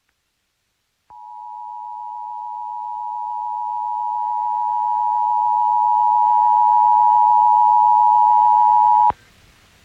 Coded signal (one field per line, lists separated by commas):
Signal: Emergency Alert System (SAME) tones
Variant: 853 and 960 Hz attention tone